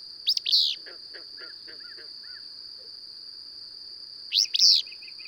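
Birdsong: two loud, sharp chirp bursts, each trailed by a run of soft, evenly spaced short notes, all over a steady shrill whine.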